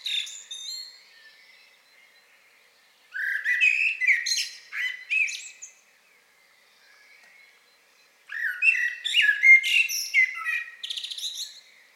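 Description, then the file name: Common blackbird song, a faint phrase at the start, then two full phrases of mellow whistles that dissolve into scratchy high squeaks, separated by silence. "Turdus merula"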